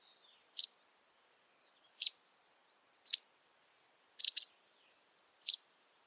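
White wagtail calls: short, sharp high chirps given as quick doubles or a triple, five in all about every second or so, over a silent background.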